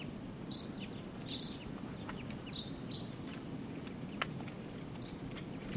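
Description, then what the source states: Red crossbill calling in faint, sharp, high notes, spaced irregularly over steady background noise. Type 2 call type; perched in a ponderosa pine near camp, looking down, giving calls.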